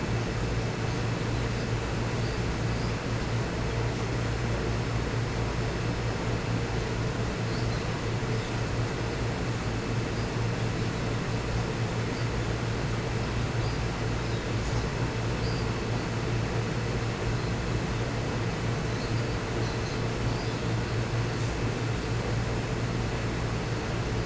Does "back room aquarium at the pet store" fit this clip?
yes